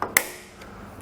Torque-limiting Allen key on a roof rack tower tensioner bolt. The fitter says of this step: You'll hear it click, and then you can put your clamp back and secure that.